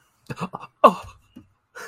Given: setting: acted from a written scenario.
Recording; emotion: vocal sound without words; fear